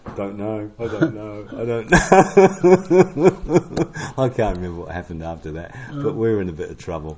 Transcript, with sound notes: “Don’t know, I don’t know. I don’t know.” [Chuckle] I can’t remember what happened after that, but we were in a bit of trouble.